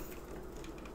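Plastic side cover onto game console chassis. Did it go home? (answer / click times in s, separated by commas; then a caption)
no / none. A plastic PS5 side cover is handled on the game console chassis, its tabs lined up with the slots before it is slid back toward place. Low rumbling handling noise and faint scraping are heard, with small ticks near 0.9 s and 1.0 s. Nothing has seated or clicked yet; the cover has not snapped home.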